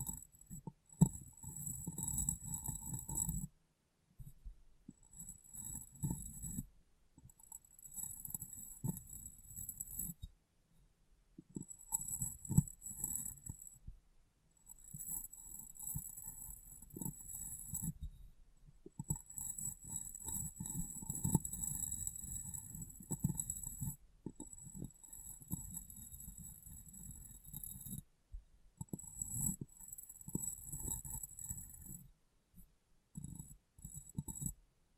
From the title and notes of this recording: ASMR Glass Brain Tapping & Cleaning (No Talking).